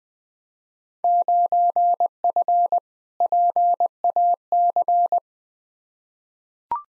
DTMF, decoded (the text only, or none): none